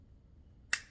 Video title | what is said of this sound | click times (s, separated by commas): unboxing my new C - stand. @Adorama #unboxingvideo #howto #creativedirectors #photography | Press down so it locks, and then you could | 0.7 s